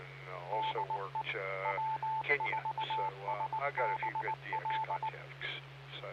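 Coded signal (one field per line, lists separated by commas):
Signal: Morse code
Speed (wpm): 19 wpm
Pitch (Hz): 880 Hz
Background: speech, radio noise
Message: DE W4SBL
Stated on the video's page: Ragchew net on a 146.790 MHz VHF FM repeater on Sanibel Island, 25 watts, antenna at 100 feet.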